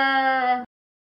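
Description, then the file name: Peafowl call: a single steady, nasal, strongly harmonic honk lasting under a second, ending abruptly, with no other sounds. "Pfau"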